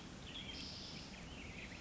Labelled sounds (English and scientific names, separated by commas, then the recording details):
Western Tanager (Piranga ludoviciana)
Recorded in Sonoma County, California